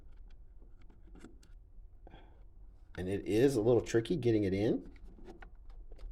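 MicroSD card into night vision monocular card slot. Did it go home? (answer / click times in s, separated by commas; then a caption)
no / none. A microSD card is lined up with the narrow card slot of a night vision monocular, leaving room for a finger before it is pushed home. Faint handling ticks sound throughout while someone talks from about 3.0 to 4.8 seconds. Nothing has clicked or seated yet.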